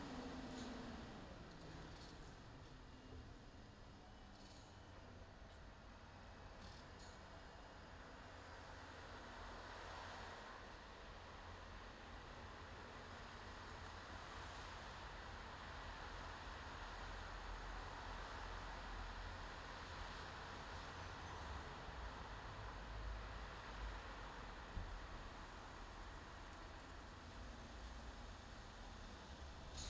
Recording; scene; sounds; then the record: everyday scene through a hearing-aid microphone; in traffic; traffic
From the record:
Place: bus stop on a city main road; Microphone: in the ear canal, left